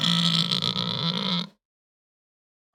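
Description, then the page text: Pig gives one long, rough, droning grunt-squeal lasting about a second and a half, then more than a second of silence before another sound starts at the very end. Hampshire breed pig, idle and calm, squealing and grunting. "Hampshire Pig Squeal Grunt Idle Calm. Quick Sounds"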